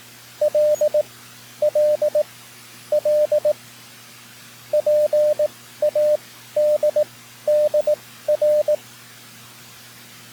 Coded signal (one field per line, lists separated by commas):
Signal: Morse code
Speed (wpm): 19 wpm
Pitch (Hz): 600 Hz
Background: radio noise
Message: L L L PADDR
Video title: N3ZN Session 9-7-2025 #hamradio #cw #morsecode #pota #skcc #keys